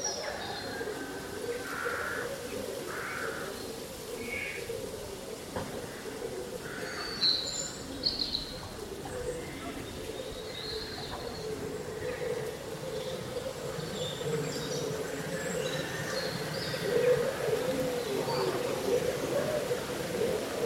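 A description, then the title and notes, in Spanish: On a windy summer day, leaves rustle in a steady, dense hiss that swells slightly toward the end. Short bird calls and chirps break in every second or two, some higher and sharper, over a constant low hum. Un bosque bañado por el sol.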